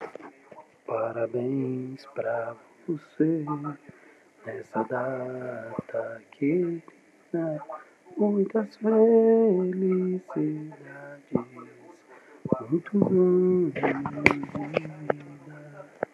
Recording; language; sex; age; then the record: short text; Brazilian Portuguese; male; 30 to 39 years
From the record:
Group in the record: control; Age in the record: 39 years